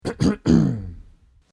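Two quick, harsh bursts are followed by a longer, voiced, rasping throat clear that fades out over about a second. This is a man's cough and throat clearing, a sound effect.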